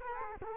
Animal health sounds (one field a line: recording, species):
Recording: mosquito wingbeat signal from an infrared sensor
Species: Culex quinquefasciatus